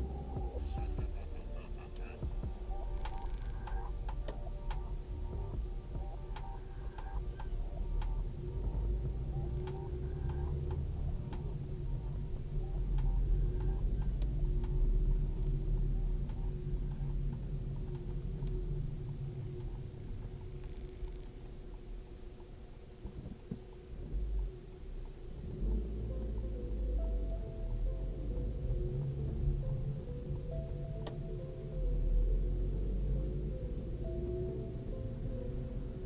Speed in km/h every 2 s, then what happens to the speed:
1, 1, 4, 3, 6, 11, 17, 21, 18, 13, 8, 0, 0, 0, 0, 16, 17, 25.
0-3 standing. 3-15 pulls away to 21. 15-21 brakes to 0. 21-28 standing. 28-36 pulls away to 25.